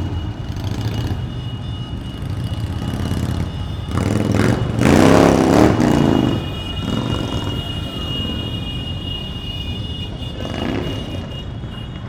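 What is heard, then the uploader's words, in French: A parade of motorcyclists rumbles along a city boulevard, with a loud engine surge passing around five seconds and fainter bikes revving later. Enregistrement d'un défilé de motards boulevard de la Villette à Paris en mars 2012. Défilé de motards à Paris.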